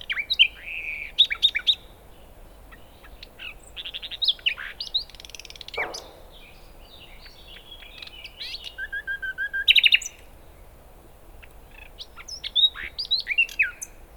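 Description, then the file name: Common nightingale song, varied phrases of sharp chirps, whistles and rapid trills with short pauses between bursts. "Luscinia megarhynchos"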